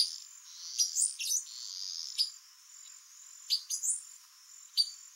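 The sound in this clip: Silver-beaked tanager giving sharp, high, downslurred chip notes at irregular intervals over a steady thin high-pitched hiss.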